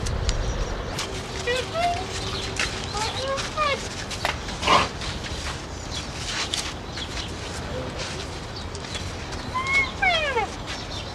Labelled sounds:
White Rhinoceros call
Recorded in captivity
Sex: female
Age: adult
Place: Zoo Schwerin, Mecklenburg-Vorpommern, DE
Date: 1982-06-15 16:15
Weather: partly sunny, 17°C
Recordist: Tembrock, Günter
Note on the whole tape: Langlaute, Stresslaut gegen Männchen

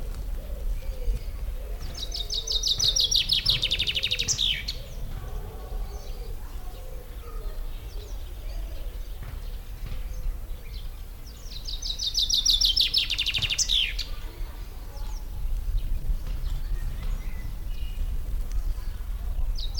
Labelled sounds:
Common Chaffinch
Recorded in the wild
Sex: male
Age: adult
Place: Dahme/Mark, Brandenburg, DE
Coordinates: 51.87, 13.43
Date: 1995-04-29 17:43
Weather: heiter, 14°C
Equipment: Marantz CP 430, Sennheiser ME 80, Kopie Uher 4000 Report Monitor
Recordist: Tembrock, Günter

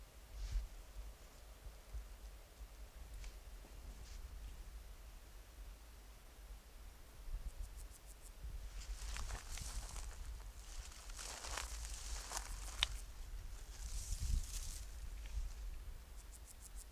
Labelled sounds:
Bruner Slantfaced Grasshopper stridulation
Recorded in the wild
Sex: male
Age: imago
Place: Jasper National Park, Rocky Mountains, Alberta, CA
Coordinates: 52.9294, -118.026
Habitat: clearing
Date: 1991-09-14 14:47
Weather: in Sonne 37°C
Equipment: Sony WM-D6C, Sony ECM-939 LT (Stereo), Kopie Uher 4400 IC
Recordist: Frommolt, Karl-Heinz

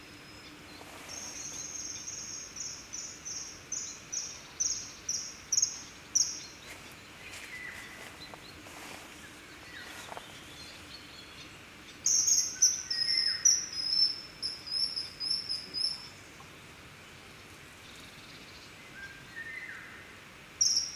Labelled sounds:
Common Kingfisher call
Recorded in the wild
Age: adult
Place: Niederspree, Niederspreer Teichgebiet, Sachsen, DE
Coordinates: 51.4067, 14.8819
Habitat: pond
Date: 2008-07-31
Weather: heiter, 20°C, windstill
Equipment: Fostex FR2-LE, 2 Sennheiser ME64, Rycote-Windschutz
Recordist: Frommolt, Karl-Heinz
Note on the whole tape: Zufluss des Waldteiches: Rufsequenzen von Eisvögeln. Entfernung minimal 6 m. Aufnahme geschnitten

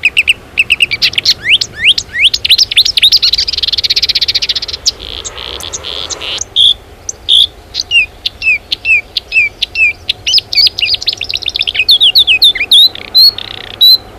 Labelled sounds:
Marsh Warbler
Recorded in the wild
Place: Clausthal-Zellerfeld, Oberharz, Niedersachsen, DE
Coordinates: 51.78, 10.33
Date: 1985-06-11
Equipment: Sony WM-D6C, Big Ear
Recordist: Skiba, Reinald
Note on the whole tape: Buntenbock

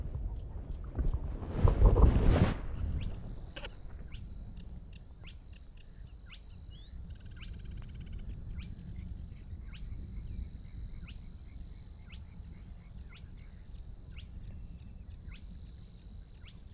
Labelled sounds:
Spotted Crake song
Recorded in the wild
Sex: male
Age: adult
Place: Schwedt/Oder, Nationalpark Unteres Odertal, Brandenburg, DE
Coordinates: 53.1185, 14.3644
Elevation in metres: 1
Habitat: wetland
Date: 2015-04-23 03:19
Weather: clear, 3°C, almost windless
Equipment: Sound Devices 702, Sennheiser MKH 70, Rycote Windschutz
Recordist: Frommolt, Karl-Heinz

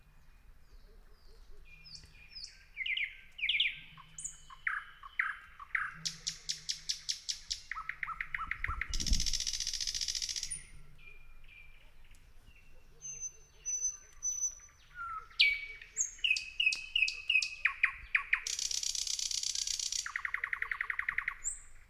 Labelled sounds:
Thrush Nightingale
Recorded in the wild
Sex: male
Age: adult
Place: Kützerhof, Kummerower See, Mecklenburg-Vorpommern, DE
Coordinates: 53.8481, 12.885
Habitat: alluvial forest
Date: 2008-05-15
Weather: clear night, first quarter moon, 10°C, no wind
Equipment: Sound Devices 702, Sennheiser MKH 70, Windkorb
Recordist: Frommolt, Karl-Heinz

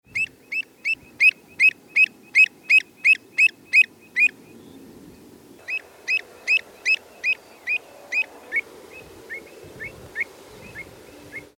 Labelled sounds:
Pied Avocet
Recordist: Tembrock, Günter
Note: Flugrufe

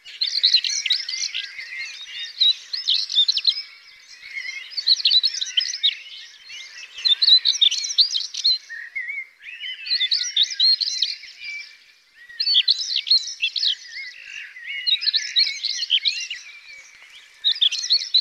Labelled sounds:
European Stonechat song
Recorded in the wild
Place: Freiburg/Rieselfeld, Baden-Württemberg, DE
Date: 2002-05-18
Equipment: MiniDisc Sharp MT 20 H
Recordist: Schwarz, Dieter

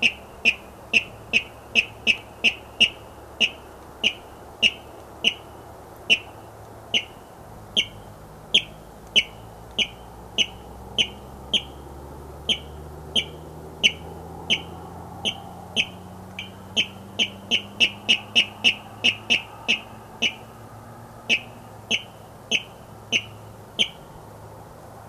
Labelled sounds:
Water Rail courtship call
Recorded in the wild
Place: Auweiher Wört, Baden-Württemberg, DE
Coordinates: 49.0392, 10.2475
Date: 1968-05-19
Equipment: Uher Report 4000, AKG D190
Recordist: Krey, Winfried

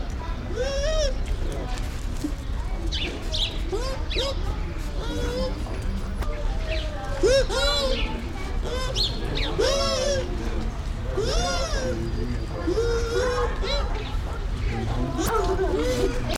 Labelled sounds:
Bush Dog
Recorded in captivity
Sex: pair
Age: adult
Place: Zoo Berlin, Berlin, DE
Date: 1993-03-20 14:04
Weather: 5-12 °C, böiger Wind
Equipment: Marantz CP 430, Sennheiser ME 80, Kopie Uher Variocord 263
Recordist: Tembrock, Günter
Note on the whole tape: Paar, umherlaufend, Weibchen-Laute meist bei Begegnung

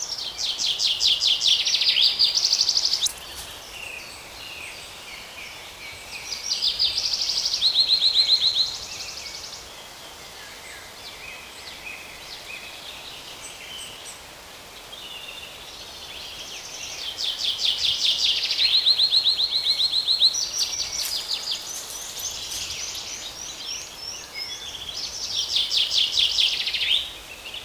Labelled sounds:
Common Chaffinch song
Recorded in the wild
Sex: male
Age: adult
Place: Mühlenbecker Land, OT Mühlenbeck, Brandenburg, DE
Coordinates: 52.6917, 13.3833
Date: 1983-05-29 12:35
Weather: fair, cloudy, 15°C, wind
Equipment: Nagra SN, Kopie Uher 4000 Monitor Report
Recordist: Tembrock, Günter

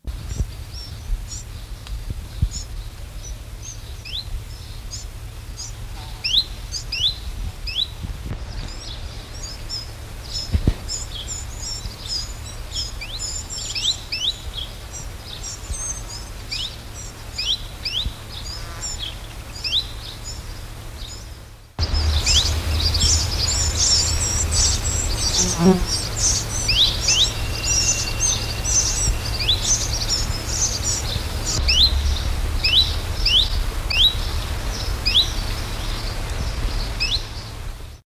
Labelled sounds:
Common Chiffchaff call
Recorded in the wild
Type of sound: call
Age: diverse
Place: Rinteln, OT Todenmann, Niedersachsen, DE
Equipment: Halbspur, 9,5 cm/s
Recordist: Lütgens, Hans
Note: Junge gefüttert

